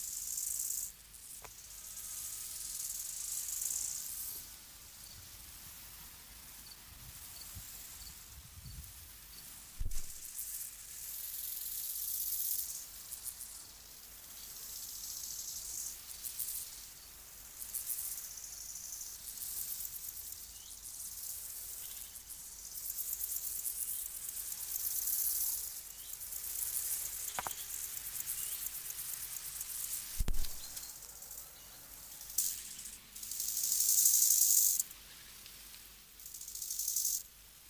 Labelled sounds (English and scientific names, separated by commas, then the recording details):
Steppe Grasshopper (Chorthippus dorsatus) stridulation
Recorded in the wild
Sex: male
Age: imago
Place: Buchorster Teiche, Brandenburg, DE
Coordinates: 52.6736, 13.3908
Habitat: pond
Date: 1983-08-27 12:18
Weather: sunny, 21°C
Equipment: Nagra SN (Automatic), Sennheiser MKH 416 T, Kopie Uher 4000 Report Monitor
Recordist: Tembrock, Günter